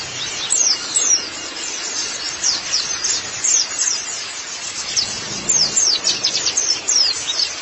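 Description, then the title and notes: White-eye song of quick, thin, high-pitched slurred notes in short bursts against a light hiss. Long-duration recording of white-eye twittering song. "Kicauan Burung Pleci Durasi Panjang. Suara kicauan burung pleci"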